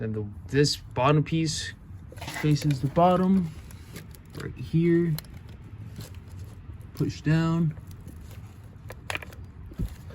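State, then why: Seated. Someone talks while a wiring connector, oriented with its bottom piece facing down, is pushed down onto its mating engine part, likely a fuel injector, on a turbo Mustang running E85. A few soft scrapes come around 6.0 s, then a sharp click at 9.1 s with a couple of quick follow-up ticks. The connector clicks in and is seated and locked.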